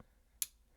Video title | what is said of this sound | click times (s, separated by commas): Rolex Submariner 124060 vs WR4K Ironwatch RX8004-B 4K Watch Review | you can see it's got that click and | 0.4 s